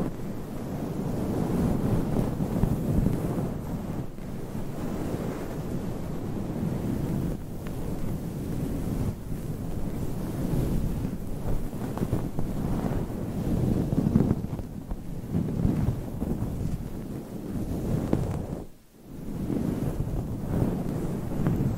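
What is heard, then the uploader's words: Long nails scratch across a microphone in a dense, continuous rasping that fills the low and middle range up close. The scraping swells and eases in uneven strokes, with a brief near-silent break around nineteen seconds before it resumes. ASMR Mic Scratching - Brain Scratching with Long Nails. Asmr No Talking.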